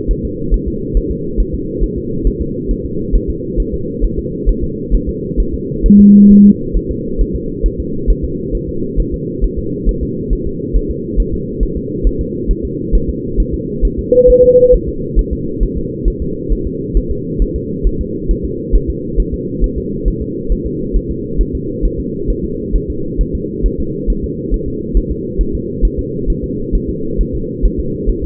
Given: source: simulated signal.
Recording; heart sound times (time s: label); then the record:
fetal heart sounds
0.11 s: S1
0.25 s: S2
0.54 s: S1
0.68 s: S2
0.97 s: S1
1.11 s: S2
1.40 s: S1
1.54 s: S2
1.84 s: S1
1.98 s: S2
2.27 s: S1
2.41 s: S2
2.71 s: S1
2.85 s: S2
3.16 s: S1
3.30 s: S2
3.60 s: S1
3.74 s: S2
4.05 s: S1
4.19 s: S2
4.49 s: S1
4.63 s: S2
4.95 s: S1
5.09 s: S2
5.40 s: S1
5.54 s: S2
5.86 s: S1
6.00 s: S2
6.31 s: S1
6.46 s: S2
6.77 s: S1
6.91 s: S2
7.21 s: S1
7.36 s: S2
7.66 s: S1
7.80 s: S2
8.10 s: S1
8.25 s: S2
8.55 s: S1
8.69 s: S2
9.00 s: S1
9.14 s: S2
9.44 s: S1
9.59 s: S2
9.89 s: S1
10.03 s: S2
10.33 s: S1
10.47 s: S2
10.76 s: S1
10.91 s: S2
11.20 s: S1
11.34 s: S2
11.63 s: S1
11.77 s: S2
12.07 s: S1
12.21 s: S2
12.51 s: S1
12.65 s: S2
12.95 s: S1
13.09 s: S2
13.40 s: S1
13.54 s: S2
13.85 s: S1
13.99 s: S2
14.30 s: S1
14.44 s: S2
14.74 s: S1
14.88 s: S2
15.19 s: S1
15.33 s: S2
15.63 s: S1
15.78 s: S2
16.08 s: S1
16.22 s: S2
16.52 s: S1
16.67 s: S2
16.97 s: S1
17.11 s: S2
17.42 s: S1
17.56 s: S2
17.87 s: S1
18.01 s: S2
18.31 s: S1
18.45 s: S2
18.75 s: S1
18.90 s: S2
19.20 s: S1
19.34 s: S2
19.64 s: S1
19.78 s: S2
20.08 s: S1
20.22 s: S2
20.52 s: S1
20.66 s: S2
20.96 s: S1
21.11 s: S2
21.41 s: S1
21.55 s: S2
21.85 s: S1
22.00 s: S2
22.30 s: S1
22.44 s: S2
22.75 s: S1
22.90 s: S2
23.21 s: S1
23.35 s: S2
23.66 s: S1
23.80 s: S2
24.10 s: S1
24.24 s: S2
24.54 s: S1
24.68 s: S2
24.97 s: S1
25.11 s: S2
25.41 s: S1
25.55 s: S2
25.85 s: S1
25.99 s: S2
26.30 s: S1
26.44 s: S2
26.75 s: S1
26.90 s: S2
27.21 s: S1
27.35 s: S2
27.65 s: S1
27.80 s: S2
28.10 s: S1
28.24 s: S2
From the record:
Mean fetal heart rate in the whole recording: 135 bpm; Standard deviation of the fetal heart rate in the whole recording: 3 bpm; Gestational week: 36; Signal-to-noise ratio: -6.6 dB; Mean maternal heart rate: 72 bpm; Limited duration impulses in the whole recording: present